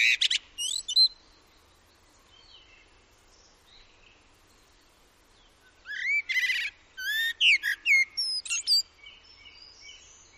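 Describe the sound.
Common blackbird singing a short whistled phrase with a shrill ending. After a quiet gap comes a richer run of mellow fluted notes mixed with scratchy high squeaks.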